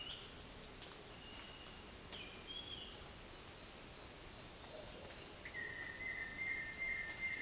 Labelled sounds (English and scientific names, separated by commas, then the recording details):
White-shouldered Antbird (Akletos melanoceps)
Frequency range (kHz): White-shouldered Antbird (Akletos melanoceps) 1.2-3.0 kHz
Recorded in dense forest near Puerto Asís, Putumayo, Colombia, on 19 February 2024 at 07:30
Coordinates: 0.500, -76.322
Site G6465